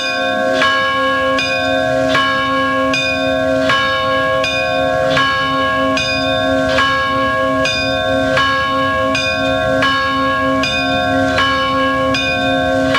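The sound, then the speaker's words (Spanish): Two church bells in the restored bell tower of the Church of San Medir, in the Sants-La Bordeta district of Barcelona, Catalonia, ring steadily and loudly, their bright, resonant strikes repeating in a quick, even rhythm with long humming overtones sustained beneath, and no voices. “Un campanario rehabilitado este año. Tiene dos campanas.”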